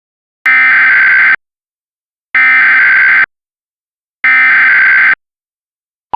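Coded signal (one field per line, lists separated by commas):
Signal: Emergency Alert System (SAME) tones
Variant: header bursts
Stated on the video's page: Fictional EAS scenario alert tones, originally made as a Discord release.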